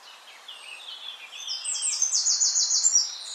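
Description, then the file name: Eurasian wren phrase climbing from lower twittering notes into a loud, very high, fast rattling trill. "Troglodytes troglodytes"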